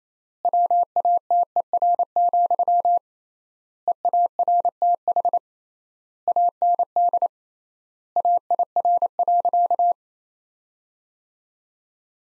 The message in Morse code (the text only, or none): WATER, EARTH AND AIR.